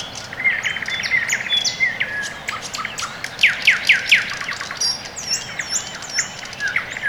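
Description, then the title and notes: Birds: a chorus of bright chirps and short sweeping whistled notes, with high thin calls overlapping in a busy pattern. Birds on a quiet early morning in Orekhovo-Borisovo Severnoye district, Moscow, Russia; recorded with Sony ECM-MS2 into Marantz PMD-661, processed with iZotope RX II (EQ, gain). "район Орехово-Борисово Северное, Москва, Россия - Morning birds. Quiet early morning"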